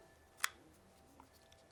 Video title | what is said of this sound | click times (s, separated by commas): Jabra Stone Bluetooth headset unboxing and first look | Clicks in with the charger contact ports at the bottom of the headset | 0.4 s